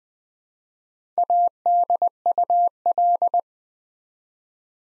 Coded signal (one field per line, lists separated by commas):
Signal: Morse code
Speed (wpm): 20 wpm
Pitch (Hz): 700 Hz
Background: none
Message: ADUL